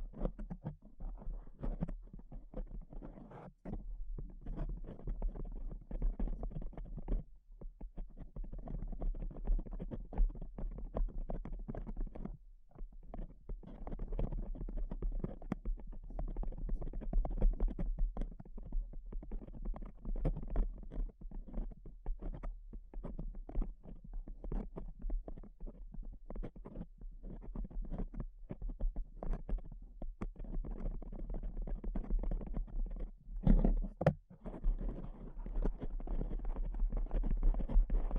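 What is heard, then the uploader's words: Tapping runs almost without pause for the whole stretch, dense and rapid, with a steady low thudding underneath and a soft muffled tone overall. Short gaps break it near 4, 12 and 34 seconds, and a sharper, brighter tap stands out around 33 seconds. ASMR Pure Tapping Fast and Slow (No Talking).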